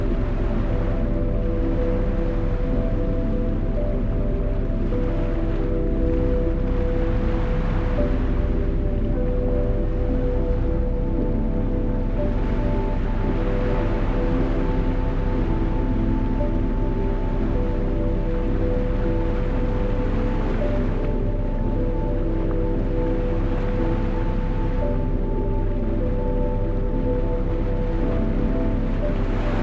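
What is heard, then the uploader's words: Ocean waves wash in slowly over a steady low rumble of brown noise, with soft surges swelling every few seconds. Underneath, a mellow lo-fi beat keeps a regular pulse, its sustained low tones and gentle chords holding constant throughout. Calm Ocean Waves and Brown Noise with Relaxing Lo Fi Music. Ocean waves calmly crashing to shore along with brown noise and a peaceful lo fi beat playing in the background.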